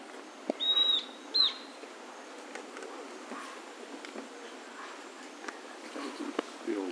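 Bird call: two clear whistled notes near one second, a long flat one then a shorter one, followed by faint ticks and scattered clicks against steady background hiss.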